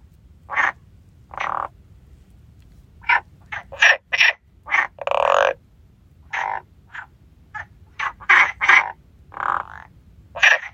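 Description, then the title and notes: Frogs calling, a mix of short sharp croaks and longer buzzing ones, irregular throughout. Frogs singing by the stone bridge at Lagoa de Traba lagoon. "Lagoa De Traba Rás. Rás cantando na Lagoa de Traba. Gravación das rás cantando no ponte de pedra da Lagoa de Traba"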